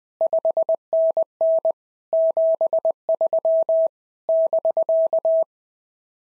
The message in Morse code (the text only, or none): 5NN 73 <BK>